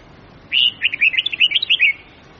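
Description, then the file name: Red-whiskered bulbul delivering one lively phrase of around ten quick, bouncing whistled notes that ends on a falling slur. Huế-type bulbul; long-phrase song with 9 to 12 notes, changing its phrasing continuously. "tieng-chao-mao-hue-so-giong-dai-am-9-10-11-12-dao-giong-lien-tuc"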